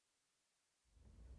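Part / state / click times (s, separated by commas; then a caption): port extension ring into underwater camera housing port mount / not seated / none. A port extension ring is pressed onto the port mount of a Gates Sony FX6 underwater camera housing and rotated 90° clockwise. After a quiet first 0.8 seconds, low rumbling handling noise rises until the clip ends. Nothing has seated or clicked yet.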